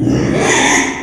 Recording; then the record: squeal of a Yucatan mini pig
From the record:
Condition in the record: after surgery on the right vocal fold (resection and tissue-engineered implant); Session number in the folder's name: 3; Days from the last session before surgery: 33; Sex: male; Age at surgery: 12 weeks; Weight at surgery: 13 kg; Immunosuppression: cyclosporine, prednisolone